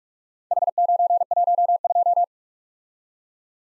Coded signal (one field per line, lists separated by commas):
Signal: Morse code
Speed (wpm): 46 wpm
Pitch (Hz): 700 Hz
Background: none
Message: H912